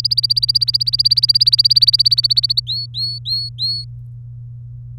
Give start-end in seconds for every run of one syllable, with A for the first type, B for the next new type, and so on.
0.00-2.60 A, 2.67-3.84 B